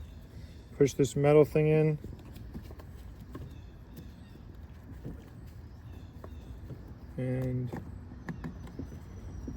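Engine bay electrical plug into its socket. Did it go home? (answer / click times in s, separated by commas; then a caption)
yes / 8.3 s. During an engine air filter replacement on a Porsche 911 (997), an electrical plug with a metal locking tab is pushed into its socket in the engine bay while someone talks. A few faint handling taps come before a small, sharp click at about 8.3 s, followed by softer ticks. The plug seats in its socket.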